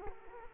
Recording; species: mosquito wingbeat signal from an infrared sensor; Culex quinquefasciatus